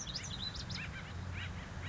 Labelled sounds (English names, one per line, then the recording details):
Acorn Woodpecker
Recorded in Sonoma County, California